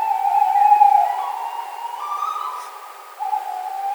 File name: puszczyk zwyczajny Strix aluco